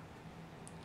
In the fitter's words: and snap into place just like that nice and neat